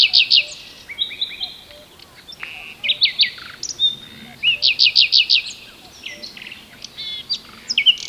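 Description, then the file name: Common nightingale song: loud, varied phrases of high whistles, rapid repeated notes and pulsing trills, separated by brief pauses, with no other clear sounds. "Luscinia megarhynchos"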